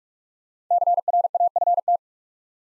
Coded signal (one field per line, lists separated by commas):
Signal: Morse code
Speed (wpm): 44 wpm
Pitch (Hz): 700 Hz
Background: none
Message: CRAFT